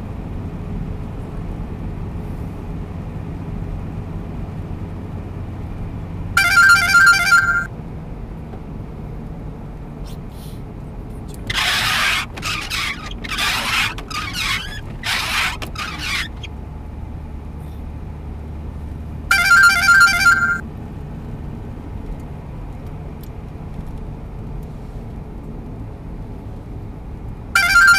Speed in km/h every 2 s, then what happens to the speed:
92, 90, 90, 87, 82, 76, 75, 73, 72, 75, 78, 79, 76, 73.
0-13 slows to 73. 23-28 slows to 73.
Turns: none.